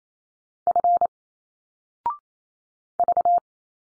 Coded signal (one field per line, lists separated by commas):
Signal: Morse code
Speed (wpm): 28 wpm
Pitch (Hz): 700 Hz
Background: none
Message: F V